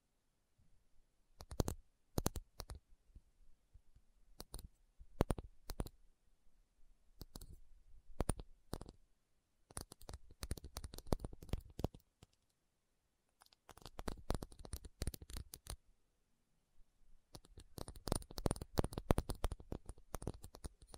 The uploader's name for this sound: Tapping Session (No Talking)